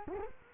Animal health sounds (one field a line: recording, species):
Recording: mosquito wingbeat signal from an infrared sensor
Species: Culex quinquefasciatus